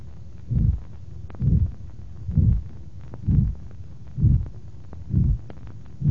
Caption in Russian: Проведение систолического шума на сонной артерии.